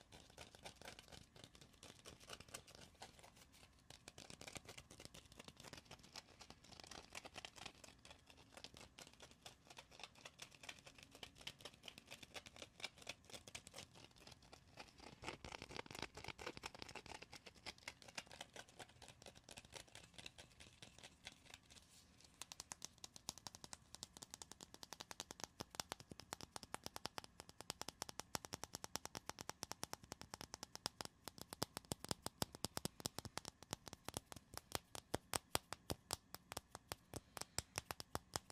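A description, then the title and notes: Rapid tapping and scratching, a dense stream of sharp, crisp clicks with a hissy scratching texture between them. It starts softer and grows harder and faster, with the strongest, most aggressive taps packed into the last fifteen seconds. ASMR progressive soft to hard triggers // tapping and scratching // fast and aggressive.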